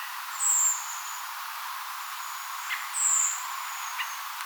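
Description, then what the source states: Redwing flight calls: two thin, high, slightly falling tseep notes about two and a half seconds apart, with fainter calls between them over steady hiss. Calls of a redwing flock, 29 October 2025.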